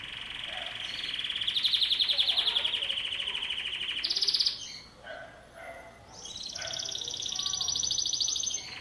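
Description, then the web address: Canary song of sustained fast rattling trills, a high trill switching to another, a brief pause, then a new bright rolling trill. "Golchin Best Canari Seda Canari. Niyaz Music)"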